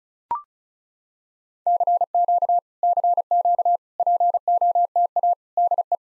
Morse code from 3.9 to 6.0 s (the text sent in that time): POTA DE